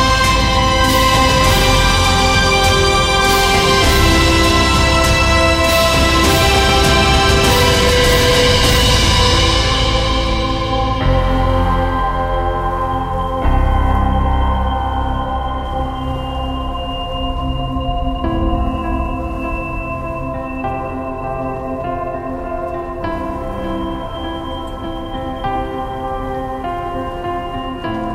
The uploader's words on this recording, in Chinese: 10首超好聽史詩音樂配合風雪的聲音。